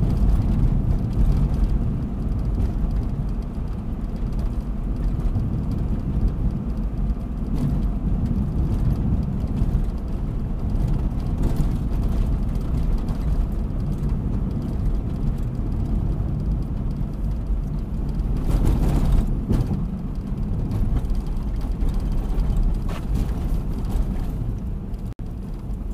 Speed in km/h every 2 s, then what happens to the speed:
58, 59, 58, 59, 58, 57, 56, 55, 56, 54, 52, 49, 46.
0-16 steady at about 58. 16-26 slows to 46.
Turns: none.